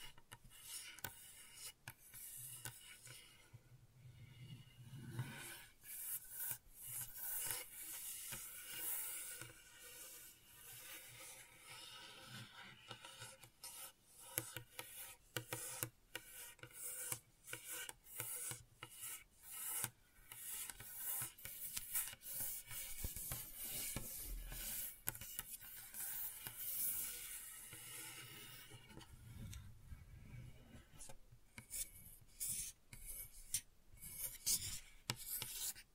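Gentle scratching runs through the whole stretch, a dense, bright rasping with many quick strokes and small clicks at an uneven pace. Some passages swell slightly louder, around five, fifteen and twenty-five seconds, with a soft low rubbing underneath.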